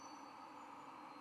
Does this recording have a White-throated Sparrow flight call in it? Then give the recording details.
no. No flight call is heard. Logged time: 03:38 on 5 November 2014